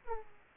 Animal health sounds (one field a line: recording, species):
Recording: mosquito wingbeat signal from an infrared sensor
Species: Aedes aegypti